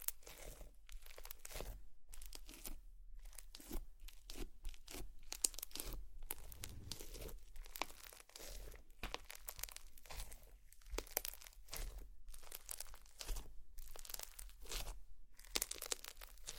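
Slime being worked makes a busy run of wet, crinkly clicks and squelches across all 17 seconds. The crackling comes in dense bursts separated by brief silent gaps roughly every second, with a faint low hum running underneath.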